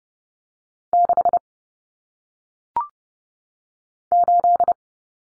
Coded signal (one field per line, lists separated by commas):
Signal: Morse code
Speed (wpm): 30 wpm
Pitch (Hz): 700 Hz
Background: none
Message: 6 8